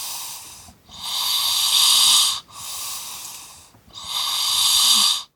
Man Snoring.